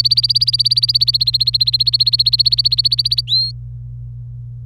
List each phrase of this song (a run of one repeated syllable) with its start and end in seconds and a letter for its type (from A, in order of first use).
0.00-3.21 A, 3.27-3.51 B